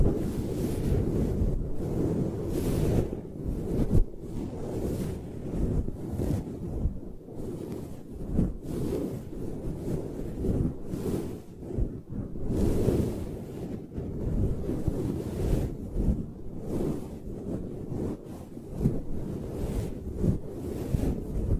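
Close-up massage sounds: continuous low, muffled rubbing and scratching with frequent soft taps, brightening into hissy swells around 3, 7 and 13 seconds.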